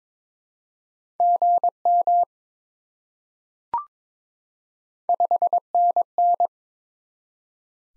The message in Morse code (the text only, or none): GM 5NN